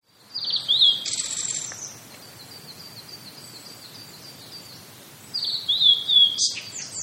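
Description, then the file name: Blue-and-white flycatcher song, two short high whistled phrases with quick up-and-down notes, separated by a long pause filled with a thin continuous high hum. "oruri"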